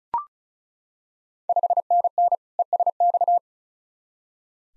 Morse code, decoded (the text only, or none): 5NN ESX